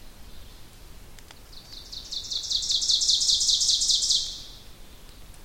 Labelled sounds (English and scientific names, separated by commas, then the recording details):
Ovenbird (Seiurus aurocapilla) song
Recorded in boreal forest in Alberta, Canada, on 2 June 2016 at 06:30
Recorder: SongMeter 3, array SBT-3-7
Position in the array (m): 193 m, 4 m
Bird 6